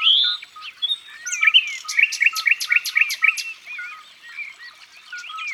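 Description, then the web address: Common nightingale song: varied phrases, then a fast series of sharp repeated notes, ending in twisting whistled fragments; a faint short note repeats steadily underneath. "Rossignol philomele. abc de la nature"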